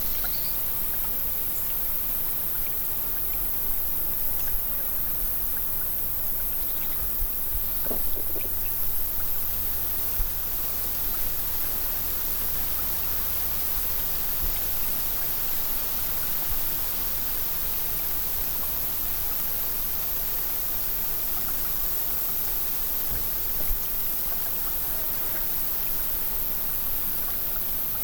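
A breezy meadow at dusk: a steady, dense hiss of wind runs through the whole recording with little change in level. A low rumble swells between about 7 and 14 seconds, and faint scattered ticks and brief chirps sit within the hiss.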